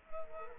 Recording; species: mosquito wingbeat signal from an infrared sensor; Culex quinquefasciatus